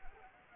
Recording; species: mosquito wingbeat signal from an infrared sensor; Anopheles arabiensis